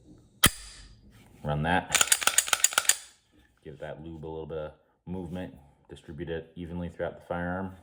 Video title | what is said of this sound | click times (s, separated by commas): How to clean the Sig P320 | before then run that forward it snaps in place | 0.4 s